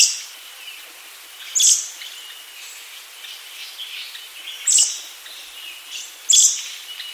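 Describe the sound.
Little Lorikeet calling with a few sharp, piercing, high screeches, spaced apart, over a light hiss.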